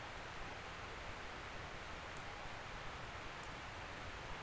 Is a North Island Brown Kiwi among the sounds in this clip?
no